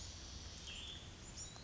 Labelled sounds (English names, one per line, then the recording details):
Cassin's Vireo
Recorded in Sonoma County, California